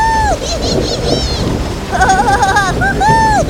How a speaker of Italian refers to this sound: La barca navigò per ore e poi incontrò una tempesta. Le onde erano forti e feroci, fecero sobbalzare violentemente la barca